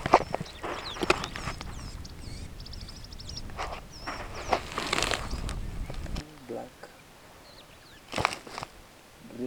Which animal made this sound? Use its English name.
Superb Starling